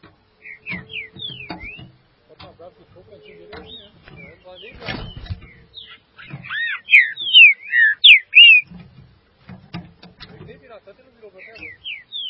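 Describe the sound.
Green-winged saltator song: loud clear whistled phrases of slurred rising and falling notes, softer twittering between, with scattered knocks and clicks in the background.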